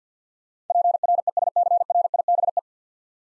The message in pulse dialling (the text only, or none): none